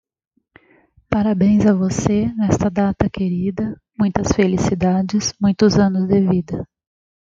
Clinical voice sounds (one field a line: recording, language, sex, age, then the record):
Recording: short text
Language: Brazilian Portuguese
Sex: female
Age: 40 to 49 years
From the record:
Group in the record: control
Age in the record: 48 years